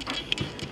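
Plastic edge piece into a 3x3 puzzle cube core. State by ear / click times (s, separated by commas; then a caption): seated / 0.3 s. A plastic edge piece is tucked under the white center piece of a 3x3 puzzle cube being reassembled and pressed until it snaps into place. Soft plastic scrapes lead to one sharp, bright click at 0.3 s, followed by a few faint ticks. The edge piece pops into place and is seated.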